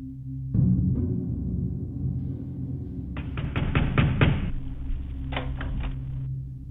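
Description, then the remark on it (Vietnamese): Two bursts of several dull, steady knocks on a house door, unhurried and evenly spaced, heard over a low, continuous droning hum with no one speaking. “Tiếng đập cửa vang lên.”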